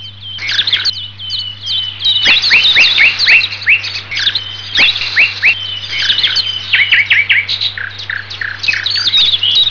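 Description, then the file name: Birds chirping in a busy, overlapping stream of high sharp notes and quick downward ticks, with a steady low hum underneath. "VOGEL"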